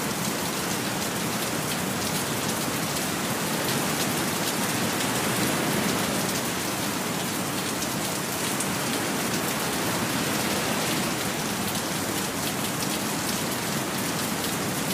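Steady, heavy rain falls throughout, a dense hiss of countless drops with brighter individual patters flickering across the top. The level stays constant for the full fifteen seconds, with a soft, low continuous wash underneath and no distinct thunderclaps.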